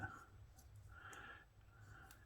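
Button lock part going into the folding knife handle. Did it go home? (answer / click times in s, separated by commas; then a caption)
no / none. During reassembly of a TWOSUN TS303 button-lock folding knife with an M390 blade, a misaligned button lock part is being worked into the handle after a screw is backed out a little. Quiet handling and a low hum are heard, with one faint tap near 2.1 s. The part has not seated or clicked into place yet.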